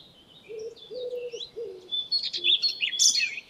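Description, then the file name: Eurasian blackcap warbling, with quiet high notes at first, then a brisk, loud burst of mixed whistles and chatter near the end, while a dove coos low in the background. "Sylvia atricapilla"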